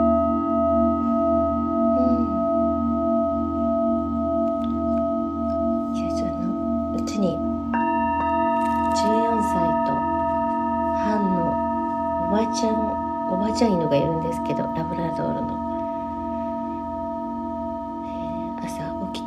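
A singing bowl hums steadily throughout, its low drone and several sustained ringing tones holding at an even level with a slow pulsing beat. From about six seconds on, brief bright chimes and clinks scatter over the drone, with a new tone entering near eight seconds.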